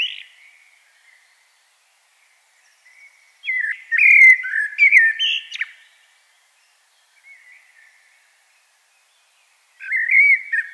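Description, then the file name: Common blackbird song: the end of a phrase, then a fuller warbled phrase with shrill twitters, a quiet gap, and a new phrase starting at the end. "Turdus merula"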